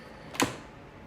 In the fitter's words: if you want to lock it you just twist it back there's a bit of a a click there that you can hear